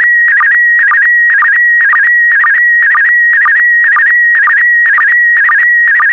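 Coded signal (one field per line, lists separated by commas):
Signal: SSTV (slow-scan television)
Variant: PD120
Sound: steady high whistle broken by regular quick warbling chirps, about two per second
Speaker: 5, 4, 3, 2, 1. Thank you. Transmission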